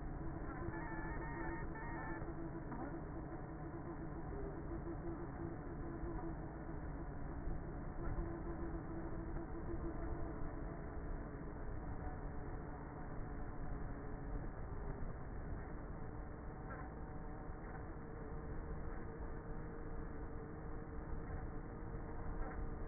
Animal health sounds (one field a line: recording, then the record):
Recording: honeybee colony, microphone inside the hive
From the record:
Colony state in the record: queenless with a low population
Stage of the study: before two queens were removed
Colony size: about 30,000 bees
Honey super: no